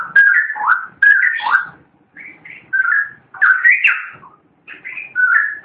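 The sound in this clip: Long-tailed shrike song: busy sequence of whistled, slurred and warbled notes in repeated bursts.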